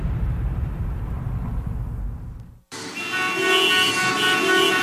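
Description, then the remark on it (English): A low, steady rumble of road traffic gives way after a brief cut to loud, sustained car horns honking over one another, their steady tones blaring above the traffic noise. “Why be stuck in traffic when you could be outdoors?”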